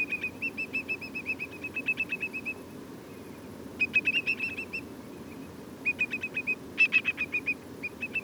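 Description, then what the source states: Whimbrels piping at length, long series of evenly spaced whistled notes in bursts, over low background rumble. Several whimbrels, lots of piping; Portland.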